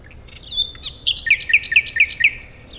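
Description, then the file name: Common nightingale delivering a brief whistle and then a steady series of several loud, sharp repeated notes. "Luscinia megarhynchos"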